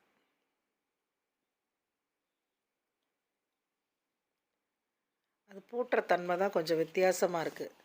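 The metal shackle of an antique padlock, which has a different locking action, is being handled and pressed toward the lock body to shut it. The clip is silent until about 5.5 seconds, after which someone talks until the end. Nothing has seated or clicked yet; the shackle is not yet home.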